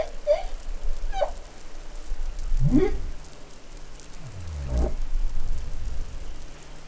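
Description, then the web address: Humpback whale song with two short high chirps, a rising upsweep and a falling low groan, set against steady crackling underwater noise. Recorded off New Caledonia in the Pacific on 20 July 2013. "SOUNDLIB MEDsea Arctiqueet Pacific Baleinea Bosse Nouvelle Caledonie 20130720"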